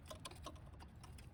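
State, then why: Not seated. The electrical connector of a new downstream heated oxygen sensor (bank 1, sensor 2) on a 2007–2012 Nissan Sentra 2.0L Federal is pushed into the vehicle's wiring harness plug. Only a few faint, short plastic taps and rustles are heard over low background noise. Because the connector's locking tab is worn, it does not click, and nothing has clicked or seated yet.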